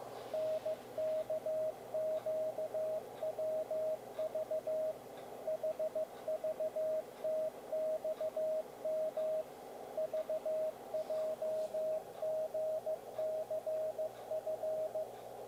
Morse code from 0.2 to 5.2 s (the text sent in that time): NKQWV